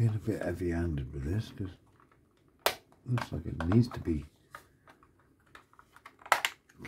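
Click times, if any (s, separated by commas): 6.3 s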